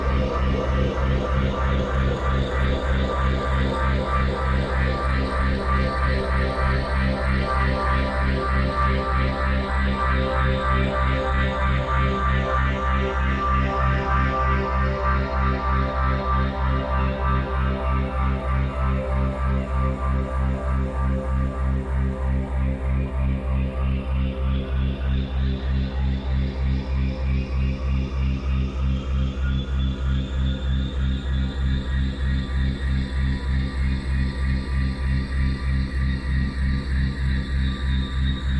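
A full-spectrum binaural tone built on C# at 65.4 Hz with a 3.2 Hz delta beat, holding at a steady, even level throughout. Heavy low drone under a stack of layered tones, with a slow sweep in the brighter upper range that dips and rises again midway.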